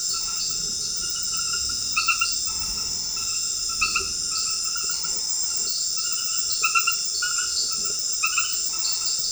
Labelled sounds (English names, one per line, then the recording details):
none
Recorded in secondary vegetation near Puerto Asís, Putumayo, Colombia, on 13 March 2025 at 22:00
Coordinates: 0.488, -76.319
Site G095